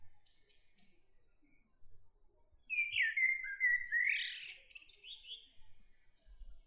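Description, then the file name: Common blackbird song: a single phrase of low, mellow fluted warbling that slides upward into a brief high, squeaky twitter, with near silence before it. "Turdus merula"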